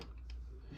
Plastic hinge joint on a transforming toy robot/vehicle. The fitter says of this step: now make sure you flip this all way after until you hear a click like that so now it's into place